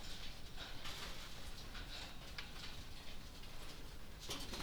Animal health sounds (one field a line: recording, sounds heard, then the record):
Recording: poultry house recording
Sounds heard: no chicken sound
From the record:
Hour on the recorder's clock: 21